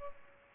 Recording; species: mosquito wingbeat signal from an infrared sensor; Culex pipiens